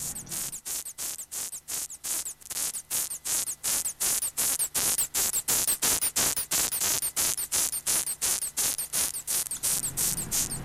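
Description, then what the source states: Death's-head hawkmoth distress squeaks: harsh, hissing high-pitched pulses repeated steadily, nearly three per second, throughout. Sound made when the moth is grabbed and protests; the exception among otherwise silent moths.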